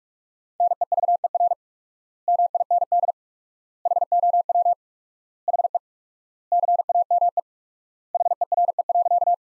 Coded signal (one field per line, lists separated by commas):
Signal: Morse code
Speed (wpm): 47 wpm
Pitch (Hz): 700 Hz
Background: none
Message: NEVER MIND HOW HE CAME HERE.